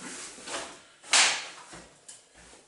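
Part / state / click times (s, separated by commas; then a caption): stroller seat unit into frame adapters / seated / 1.1 s. A reversible seat unit on an Angel Cab Urban stroller is turned to face the direction of travel and pushed onto the frame adapters. Soft sliding and rustling build until a loud, sharp snap at 1.1 s, followed by a fainter click at 2.1 s. The seat unit latches securely onto the frame.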